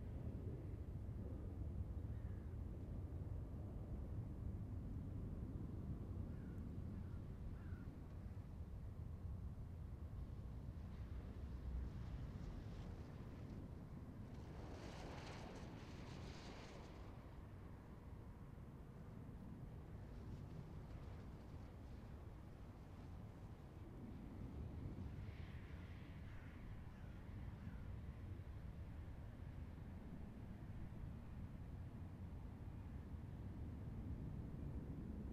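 Aircraft fly in toward runway 14, heard as a steady, deep rumble that fills the whole stretch without letting up. Around the middle a brief rushing hiss rises over it, and a few short, thin chirps come through now and then, near the start and later on.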